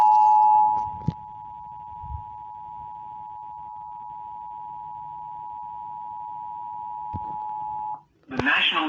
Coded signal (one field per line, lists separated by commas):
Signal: Emergency Alert System (SAME) tones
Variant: 853 and 960 Hz attention tone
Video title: Severe Thunderstorm on NJ PBS on Xfinity (EAS #20)